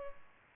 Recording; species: mosquito wingbeat signal from an infrared sensor; Culex pipiens